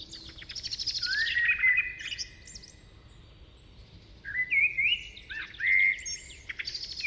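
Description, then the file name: Eurasian blackbird singing two fluted, warbling phrases with scratchy high flourishes, a short quiet gap between them. "Turdus merula"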